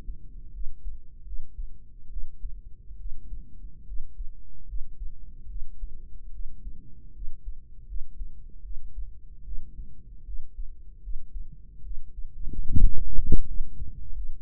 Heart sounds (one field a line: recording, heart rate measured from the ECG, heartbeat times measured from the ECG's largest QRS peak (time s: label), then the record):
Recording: heart sounds by microphone in the right ear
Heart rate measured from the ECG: 75 bpm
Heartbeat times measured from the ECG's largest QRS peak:
0.50 s: heartbeat
1.23 s: heartbeat
2.08 s: heartbeat
2.96 s: heartbeat
3.84 s: heartbeat
4.65 s: heartbeat
5.46 s: heartbeat
6.30 s: heartbeat
7.11 s: heartbeat
7.85 s: heartbeat
8.61 s: heartbeat
9.42 s: heartbeat
10.23 s: heartbeat
11.00 s: heartbeat
11.81 s: heartbeat
12.65 s: heartbeat
13.44 s: heartbeat
14.11 s: heartbeat
From the record:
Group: healthy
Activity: rest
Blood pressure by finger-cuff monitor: 114/75 mmHg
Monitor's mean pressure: 86 mmHg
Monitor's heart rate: 74 bpm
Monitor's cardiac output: 5.8 L/min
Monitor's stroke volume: 77 mL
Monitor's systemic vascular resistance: 1080 dyn s/cm5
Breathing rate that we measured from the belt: 18 breaths a minute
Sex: female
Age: 23 years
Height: 160 cm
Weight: 50.4 kg